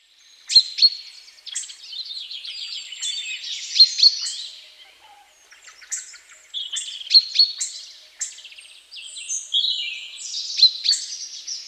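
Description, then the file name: Common chaffinch giving dense, fast descending trills with sharp accented notes, phrases recurring about every three seconds. "Fringilla coelebs"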